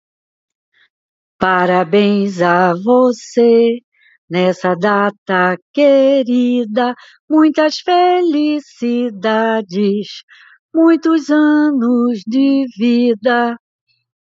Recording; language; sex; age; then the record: short text; Brazilian Portuguese; female; 60 to 69 years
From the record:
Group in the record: control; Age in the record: 68 years